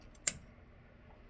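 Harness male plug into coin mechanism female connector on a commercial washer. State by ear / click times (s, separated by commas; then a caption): seated / 0.3 s. The male end of a Laundry Boss add-on wiring harness is pushed into the female plastic connector coming off the coin mechanism of a Speed Queen commercial washer. A sharp, short click sounds at 0.3 s against a quiet background, and the connector is seated.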